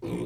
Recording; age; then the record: pig call; weaner (32 to 43 days)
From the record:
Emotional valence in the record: negative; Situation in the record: short isolation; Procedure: open field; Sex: female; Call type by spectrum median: low-frequency call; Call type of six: low-frequency stable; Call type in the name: low-frequency stable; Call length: 0.26 s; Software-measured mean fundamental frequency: 58 Hz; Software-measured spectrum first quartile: 197 Hz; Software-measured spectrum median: 328 Hz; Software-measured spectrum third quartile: 540 Hz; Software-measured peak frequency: 344 Hz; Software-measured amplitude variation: 102 dB a second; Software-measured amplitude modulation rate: 32.6 a second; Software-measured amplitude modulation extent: 3.1 dB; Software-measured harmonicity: 1.7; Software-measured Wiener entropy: -0.38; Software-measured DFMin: 849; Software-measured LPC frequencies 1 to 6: 353, 931, 2278, 3544, 4219, 5510 Hz